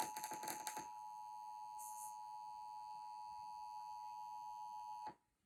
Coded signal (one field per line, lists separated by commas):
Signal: Emergency Alert System (SAME) tones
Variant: 853 and 960 Hz attention tone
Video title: NOTHING MORE THAN THE USUAL TESTS. Broadcast Radio/TV EAS: Required Monthly Test (EAS #1,107-1,121)